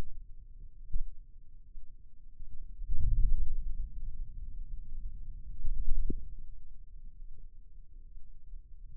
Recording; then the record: forearm muscle sounds (acoustic myography)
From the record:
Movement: wrist flexion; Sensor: system 2, bracelet of six BSWA MPA416 microphones around the upper forearm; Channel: 6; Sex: male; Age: 22 years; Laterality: right